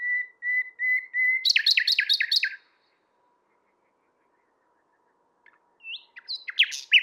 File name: Luscinia megarhynchos